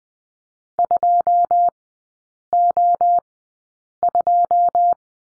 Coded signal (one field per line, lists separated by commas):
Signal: Morse code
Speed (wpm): 20 wpm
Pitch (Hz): 700 Hz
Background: none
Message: 2 O 2